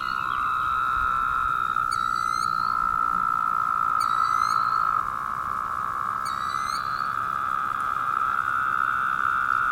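Woodhouse's toads buzzing steadily in an unbroken droning chorus, while crisp high chirps ring out three times.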